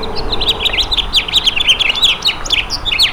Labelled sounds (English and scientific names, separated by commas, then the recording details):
House Finch (Haemorhous mexicanus) song
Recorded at Freeport on Long Island, New York, on 28 May 2013
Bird D